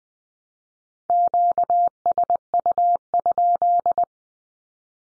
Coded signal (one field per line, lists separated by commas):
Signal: Morse code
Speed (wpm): 20 wpm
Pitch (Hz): 700 Hz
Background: none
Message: QSU?